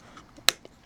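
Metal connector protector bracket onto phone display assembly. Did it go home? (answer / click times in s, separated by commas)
yes / 0.5 s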